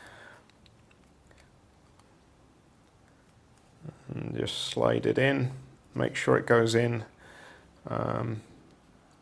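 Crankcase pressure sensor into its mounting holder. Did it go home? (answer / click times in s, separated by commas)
no / none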